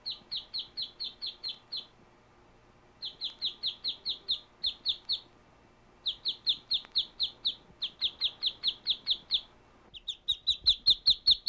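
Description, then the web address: Bird uttering bursts of rapid high chirps separated by short pauses, the final run louder and denser, over soft low background noise. "Звуки природы - птицы"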